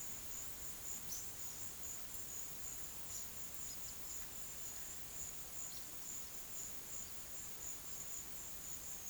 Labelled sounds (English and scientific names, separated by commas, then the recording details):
none
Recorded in pastures near Puerto Asís, Putumayo, Colombia, on 25 June 2025 at 15:30
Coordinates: 0.487, -76.322
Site H26